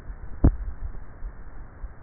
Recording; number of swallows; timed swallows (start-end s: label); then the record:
swallowing sounds by neck microphone; 1
0.22-0.95 s: swallow
From the record:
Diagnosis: dysphagia